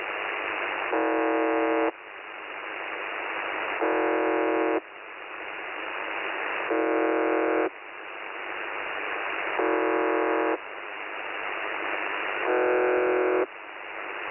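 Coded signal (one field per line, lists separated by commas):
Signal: numbers station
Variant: UVB-76 (The Buzzer)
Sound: repeating harsh one-second buzzes, five in total, separated by about two seconds of hiss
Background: radio static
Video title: The Buzzer/UVB-76 Voice Message (December 1, 2020 11:14 UTC)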